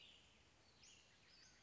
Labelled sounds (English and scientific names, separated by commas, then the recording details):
Western Flycatcher (Empidonax difficilis)
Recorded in Sonoma County, California